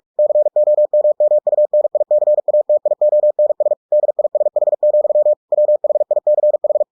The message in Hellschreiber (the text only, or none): none